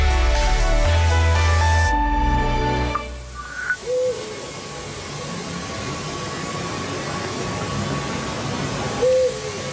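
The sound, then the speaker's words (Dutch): After a few seconds of tonal music, a Eurasian eagle-owl gives two deep, short hoots about five seconds apart, heard late in the evening on the Buizertlaan in Sterksel, over a steady background hiss of line noise. “die hoorde 's avonds laat aan de Buizertlaan te Sterksel een oehoe.”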